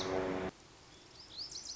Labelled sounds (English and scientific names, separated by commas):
Lazuli Bunting (Passerina amoena)